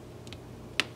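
While reassembling an Asus PadFone during a charging port replacement, a flex cable connector is pushed down onto its socket on the logic board. Two faint ticks come at about 0.3 s, then one sharp, loud snap at 0.8 s as the connector seats firmly.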